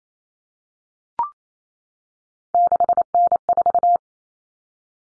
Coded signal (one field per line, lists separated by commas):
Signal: Morse code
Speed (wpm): 28 wpm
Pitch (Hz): 700 Hz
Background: none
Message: 6N4